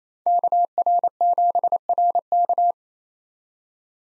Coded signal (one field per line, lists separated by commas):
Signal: Morse code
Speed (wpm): 28 wpm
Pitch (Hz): 700 Hz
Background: none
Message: KR7RK